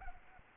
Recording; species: mosquito wingbeat signal from an infrared sensor; Aedes albopictus